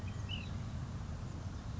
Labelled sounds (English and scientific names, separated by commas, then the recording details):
Ash-throated Flycatcher (Myiarchus cinerascens)
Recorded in Sonoma County, California